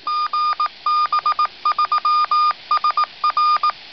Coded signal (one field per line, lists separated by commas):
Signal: Morse code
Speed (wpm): 18 wpm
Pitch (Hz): 1210 Hz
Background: none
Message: GB3SR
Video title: 2m homebrew yagi